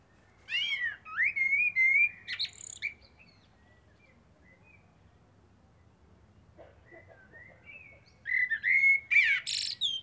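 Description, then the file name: Common blackbird delivering a fluted warble with a high squeaky ending, a long quiet stretch with faint notes, then another warbled phrase. "Turdus merula"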